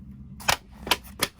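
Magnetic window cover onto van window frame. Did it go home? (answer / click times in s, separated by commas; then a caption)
yes / 0.5 s, 0.9 s, 1.2 s. A magnetic insulated window cover for a van window is pushed outward onto the metal window frame. Its magnets snap onto the frame with three sharp clicks at 0.5, 0.9 and 1.2 seconds over a quiet low background, and the cover is seated.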